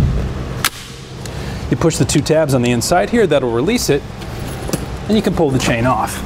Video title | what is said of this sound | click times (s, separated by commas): etrailer - How to Install: Konig Easy Fit Tire Chains on your 2017 Jeep Wrangler Unlimited | pull out the tab on the side here until you hear a click | 0.7 s